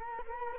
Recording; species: mosquito wingbeat signal from an infrared sensor; Culex quinquefasciatus